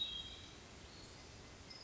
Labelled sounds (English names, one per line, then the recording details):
Hermit Thrush
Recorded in Sonoma County, California